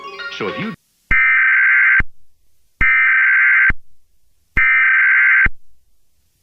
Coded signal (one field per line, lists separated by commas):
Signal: Emergency Alert System (SAME) tones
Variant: header bursts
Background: speech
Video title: Old National Supers Department Emergency Alert System